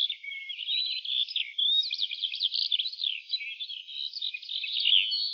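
Lark singing a rich, fast high twitter of mingled trills and whistles, flowing on without a pause.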